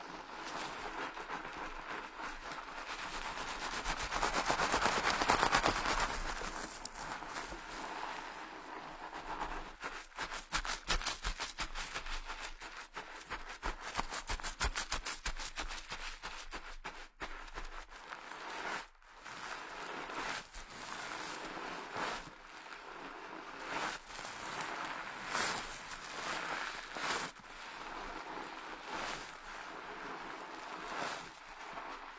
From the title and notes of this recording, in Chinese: 疗愈SPA！头部调理，深度放松。